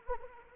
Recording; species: mosquito wingbeat signal from an infrared sensor; Anopheles arabiensis